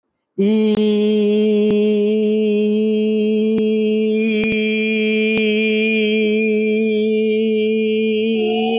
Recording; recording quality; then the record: sustained vowel as in beet; excellent, no background noise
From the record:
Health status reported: healthy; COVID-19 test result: not tested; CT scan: not taken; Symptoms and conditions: none ticked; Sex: female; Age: 56 years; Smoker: no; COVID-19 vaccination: none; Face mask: not worn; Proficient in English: no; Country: India